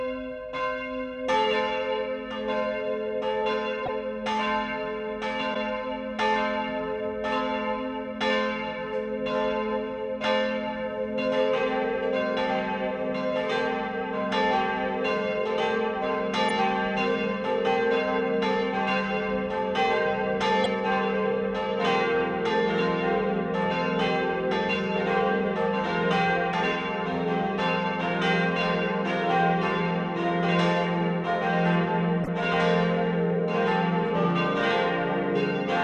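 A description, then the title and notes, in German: Church bells ring out the noon peal from a parish church, several bells swinging together in a dense, steady stream of strikes. The strokes come fast and overlapping, with a low humming tone underneath and bright ringing overtones above, holding an even loudness throughout. Zwölfuhrläuten aus Hammelburg in Unterfranken, kath. Pfarrkirche St. Johannes d. Täufer.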